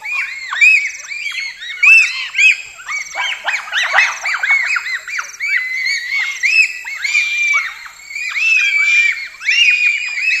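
Bonobo calls: a dense chorus of high, arched squeaks overlapping continuously, over a steady high whine and repeated pulsing chirps.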